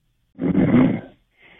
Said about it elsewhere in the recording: He's sleeping. You can hear him snoring in the background. He was in bed probably and just fell asleep.